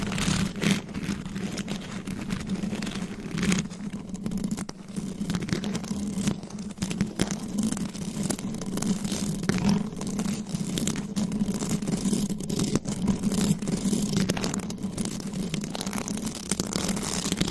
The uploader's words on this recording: ASMR Mic Scratching - Brain Scratching with Claws. No Talking.